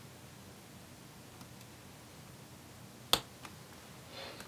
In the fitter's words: and pressing down until they click into place